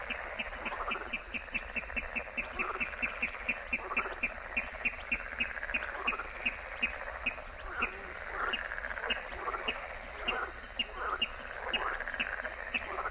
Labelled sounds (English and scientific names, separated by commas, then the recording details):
Water Rail (Rallus aquaticus)
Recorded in the wild
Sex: male
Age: adult
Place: Warsow, Kummerower See, Mecklenburg-Vorpommern, DE
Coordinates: 53.8375, 12.8506
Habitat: wetland
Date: 2009-06-15 23:33
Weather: heiter, schwacher Wind aus West, ca. 15 °C
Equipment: Sound Devices 702, Sennheiser MKH 70, Popschutz
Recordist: Frommolt, Karl-Heinz
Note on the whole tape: Polder Große Rosin bei Warsow: "Tickern" einer Wasserralle. Entfernung ca. 20 m. Zuvor waren hohe Rufe (nicht aufgenommen) zu hören - wahrscheinlich Jungvögel